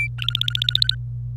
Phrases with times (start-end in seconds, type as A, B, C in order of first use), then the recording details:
0.00-0.08 A, 0.18-0.95 B. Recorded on 25 April 2018 at 17:51. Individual llb3